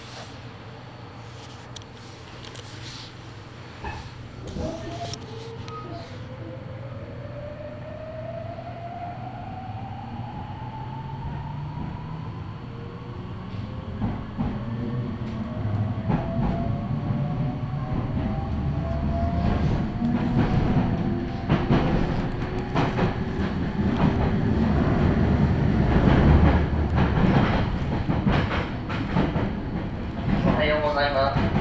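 Ride aboard a Meitetsu train on the Chita New Line and Kowa Line: a low rumble builds steadily as the train gathers speed. Rising motor whines sweep upward from about 4 and 15 seconds. Frequent rail clicks and rattles thicken toward the end.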